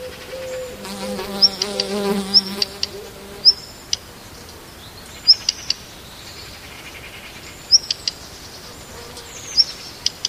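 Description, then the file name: Black redstart giving short, thin, high chirps at irregular intervals, with sharp clicks between them and a low droning hum in the first few seconds. "kopciuszek"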